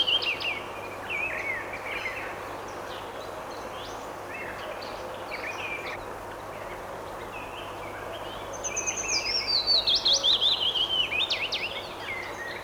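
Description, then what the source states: Willow Warbler singing: a descending cascade of clear, high notes follows scattered softer chirps, over a constant hiss. Sung on returning to its breeding grounds after migrating from equatorial and southern Africa; described as simple but very pleasant songs.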